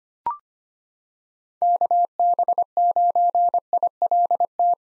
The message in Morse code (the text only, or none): KB9ILT